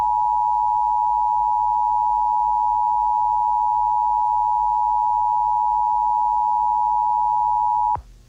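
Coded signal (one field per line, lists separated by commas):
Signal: Emergency Alert System (SAME) tones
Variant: 853 and 960 Hz attention tone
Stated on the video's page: Fictional EAS scenario with valid EAS tones, a simulated alert.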